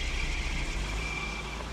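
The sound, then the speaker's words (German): A car engine hums low and steady as the vehicle, driving without its lights on, slowly pulls away, a continuous rumble with a faint thin whine above it and no voices. “Langsam fuhr der Wagen wieder an.”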